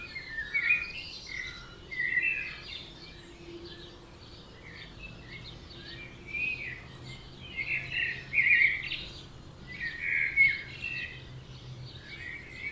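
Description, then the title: Birds in a dawn chorus, high chirps and twittering phrases overlapping in bursts, with a faint low hum in the background. Dawn chorus at 4am in Oberhofen, Inntal valley, Austria; binaural recording. "Birds Oberhofen Inntal Austria - 4am - binaural version"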